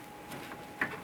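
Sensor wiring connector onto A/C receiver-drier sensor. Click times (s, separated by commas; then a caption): 0.8 s. A sensor wiring connector is lined up and pushed down onto the A/C receiver-drier sensor on the condenser of a 2008-2013 Nissan Rogue. Over a quiet background, a short, sharp click rises above the low hiss at 0.8 s. The connector seats.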